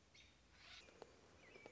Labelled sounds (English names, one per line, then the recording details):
American Robin
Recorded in Sonoma County, California